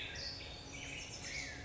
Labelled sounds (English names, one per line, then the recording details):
Black-headed Grosbeak
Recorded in Sonoma County, California